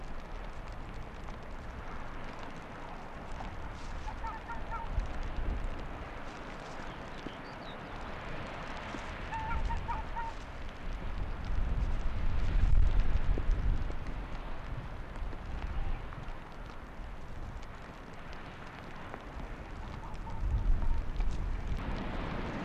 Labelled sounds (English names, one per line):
Arctic Fox